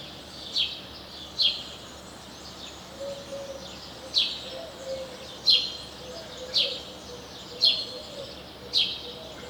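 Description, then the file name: House sparrow giving repeated sharp chirps at uneven intervals, roughly one per second, over constant background noise. "Passer domesticus"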